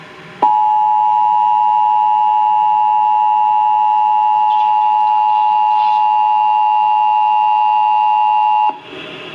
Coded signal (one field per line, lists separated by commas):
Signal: Emergency Alert System (SAME) tones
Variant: 853 and 960 Hz attention tone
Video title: SEVERE RISK... EAS Alerts From 6/3/24 (EAS#1,495 - #1,499)